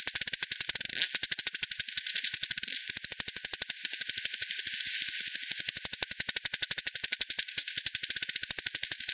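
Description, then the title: Bat echolocation pulses heard as a fast, steady train of dry ticks over a soft hiss. Several bats by the Hogsmill River at Hogsmill Lane, 7 October 2020, 18:10, recorded with a frequency-division bat detector (factor 10), band-pass filtered and resampled. "bat 20201007 T 18 : 10 Z-Hogsmill-Lane-Hogsmill-River-multiple-bats-FD 10"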